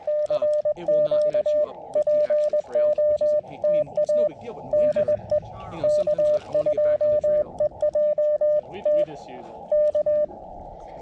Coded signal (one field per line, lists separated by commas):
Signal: Morse code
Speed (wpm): 21 wpm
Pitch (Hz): 590 Hz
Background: speech, radio noise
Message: CQ POTA DE K2EJT K